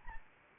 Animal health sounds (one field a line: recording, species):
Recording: mosquito wingbeat signal from an infrared sensor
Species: Anopheles arabiensis